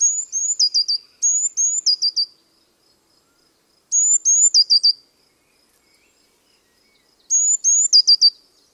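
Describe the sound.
Bird utters bright high whistle-and-trill phrases, each two rising notes then a rapid falling flourish, delivered in several bursts separated by silent pauses.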